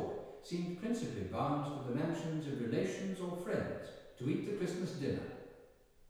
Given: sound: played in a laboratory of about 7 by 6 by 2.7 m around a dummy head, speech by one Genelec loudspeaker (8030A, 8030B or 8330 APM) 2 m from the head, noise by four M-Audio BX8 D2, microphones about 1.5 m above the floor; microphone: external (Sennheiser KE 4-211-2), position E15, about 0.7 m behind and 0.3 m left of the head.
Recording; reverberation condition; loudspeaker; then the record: male speech in English; high; 30 degrees to the right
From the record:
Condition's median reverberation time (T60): about 1300 ms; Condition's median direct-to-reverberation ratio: about -4.0 dB